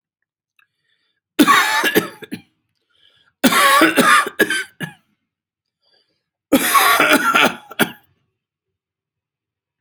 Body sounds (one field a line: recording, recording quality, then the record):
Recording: heavy voluntary cough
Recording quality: excellent, no background noise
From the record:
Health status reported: healthy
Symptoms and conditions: hypertension, diabetes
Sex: male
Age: 63 years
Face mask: not worn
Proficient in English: yes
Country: India